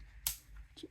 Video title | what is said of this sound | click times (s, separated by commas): Jazwares Star Wars Micro Galaxy Squadron Dreadnought Class The Hex from Maul: Shadow Lord | One, two, just waiting for it to lock. Two clicks to get there. | 0.3 s, 0.6 s